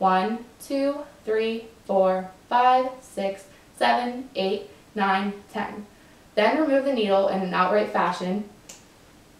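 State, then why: Seated. Someone talks while the plastic safety guard of an insulin pen needle is used: after the injection the needle is pulled straight out of the skin. At 8.7 s a short click is heard as the guard slides over the needle and locks into place.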